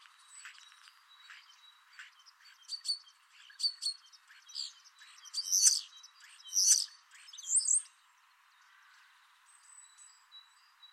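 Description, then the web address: Common starling song: a rambling run of high whistles, clicks and brief buzzy rattles, getting louder midway with a few loud wheezy notes before fading. "Deverinetal 2025. Bird Only"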